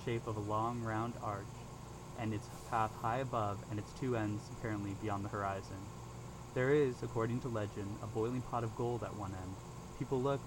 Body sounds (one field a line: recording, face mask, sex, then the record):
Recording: reading aloud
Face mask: surgical mask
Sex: male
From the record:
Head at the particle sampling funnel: turned sideways, cheek in front of it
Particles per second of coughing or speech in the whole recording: 0.0258